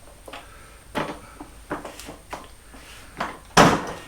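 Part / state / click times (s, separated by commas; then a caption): folding leg locking in the folded position on the workbench frame / seated / 3.6 s. An Enjoywood folding workbench is folded up: the button is pushed, the legs are tilted in, and the table is set down on itself. A series of light knocks and clunks builds to a loud, sharp click at 3.6 s as the folding legs lock into place on the frame in the folded position.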